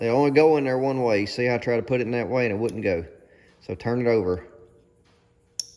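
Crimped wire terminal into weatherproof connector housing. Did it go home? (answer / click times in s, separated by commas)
yes / 5.6 s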